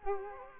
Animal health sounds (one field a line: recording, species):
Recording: mosquito wingbeat signal from an infrared sensor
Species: Culex quinquefasciatus